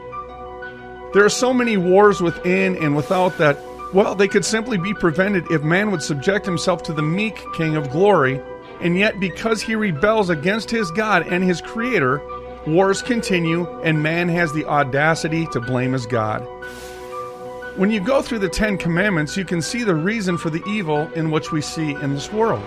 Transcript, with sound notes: There are so many wars within and without that, well, they could simply be prevented if man would subject himself to the meek king of glory. And yet because he rebels against his God and his creator, wars continue, and man has the audacity to blame his god. (air whooshing) When you go through the Ten Commandments, you can see the reason for the evil in which we see in this world.